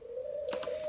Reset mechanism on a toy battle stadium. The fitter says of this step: in sneak mode, you just have to press it down like this and it locks into place.